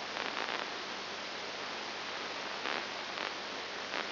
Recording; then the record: brain microelectrode recording played as sound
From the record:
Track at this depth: inside the subthalamic nucleus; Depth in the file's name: 4.901 mm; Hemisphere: left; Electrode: 2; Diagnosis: Parkinson's disease